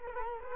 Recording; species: mosquito wingbeat signal from an infrared sensor; Culex quinquefasciatus